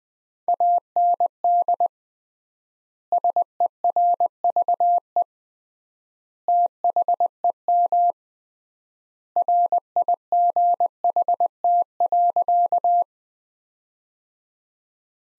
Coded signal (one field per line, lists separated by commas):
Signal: Morse code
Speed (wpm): 20 wpm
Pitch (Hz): 700 Hz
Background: none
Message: AND SERVE THEM RIGHT.